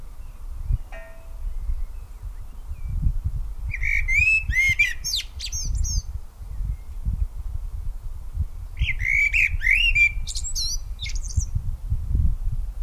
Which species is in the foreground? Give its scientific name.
Turdus merula